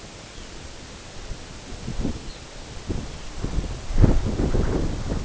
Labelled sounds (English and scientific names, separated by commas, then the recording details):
Lapland Longspur (Calcarius lapponicus)
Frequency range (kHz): Lapland Longspur (Calcarius lapponicus) 2.4-4.8 kHz
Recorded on Arctic tundra, site NAIT-1, on 22 June 2018
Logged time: 13:00